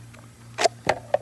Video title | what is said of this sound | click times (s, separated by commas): Glock 45 vs Glock 19 Gen 5 | a Bravo concealment holster no problems at all fits right in locks in you hear it click and | 0.9 s, 1.1 s